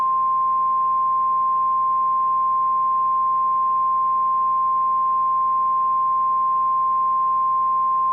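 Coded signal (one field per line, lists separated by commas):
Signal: Emergency Alert System (SAME) tones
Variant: 1050 Hz attention tone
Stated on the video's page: Valid EAS tones in a fictional squall line scenario.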